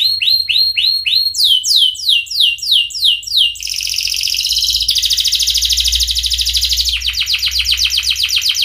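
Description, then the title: Atlantic canary song in rolling tours: fast repeated swept syllables shift to a higher series, then dense buzzy trills and rapid rattling notes, continuing without pause. Canary singing actively (gacor) with the best cengkok phrasing and rich isian fill notes. "Kenari Gacor Cengkok Terbaik Isian Paling Mewah"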